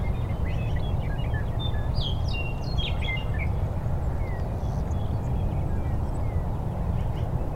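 Western meadowlark song, a brief burst of clear whistled and slurred notes early on, then scattered faint notes, over a steady low rumbling background noise.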